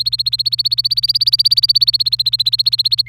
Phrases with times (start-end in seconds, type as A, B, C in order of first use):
0.00-3.02 A, 3.07-3.08 B